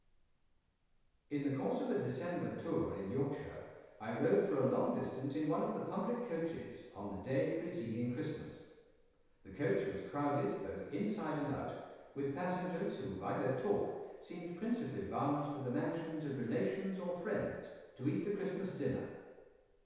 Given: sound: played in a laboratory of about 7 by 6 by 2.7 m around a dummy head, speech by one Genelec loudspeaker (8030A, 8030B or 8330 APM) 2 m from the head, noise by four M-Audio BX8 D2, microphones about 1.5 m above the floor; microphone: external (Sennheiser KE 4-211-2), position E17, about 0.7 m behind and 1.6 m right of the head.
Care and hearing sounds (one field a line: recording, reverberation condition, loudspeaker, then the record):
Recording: male speech in English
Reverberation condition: high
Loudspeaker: 150 degrees to the left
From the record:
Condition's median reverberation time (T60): about 1300 ms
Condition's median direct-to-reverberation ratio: about -4.0 dB